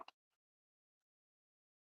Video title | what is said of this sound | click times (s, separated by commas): 2 Easy DIY Christmas Gifts - Newspaper Coasters & Snow Filled Ornaments | Hopefully you all heard that click. | 0.0 s, 0.1 s